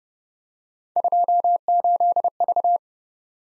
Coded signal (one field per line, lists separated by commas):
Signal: Morse code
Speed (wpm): 30 wpm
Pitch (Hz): 700 Hz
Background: none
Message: 28V